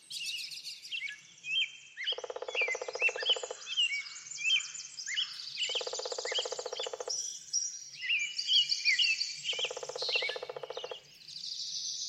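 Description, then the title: Birds singing together, with high chirps and whistled slurs over three low, buzzy, rapidly pulsed bursts about every four seconds. Backyard. "Backyard Birds - Ambient Nature Bird Sounds"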